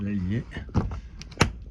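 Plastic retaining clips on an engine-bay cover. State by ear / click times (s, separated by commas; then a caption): seated / 1.2 s, 1.4 s. Plastic retaining clips at the back of an engine-bay cover on a Peugeot RCZ 2.0 HDI are pushed home during reassembly after an oil and oil-filter change. Someone talks, then short sharp clicks sound at 1.2 s and 1.4 s. The clips are confirmed snapped back into place.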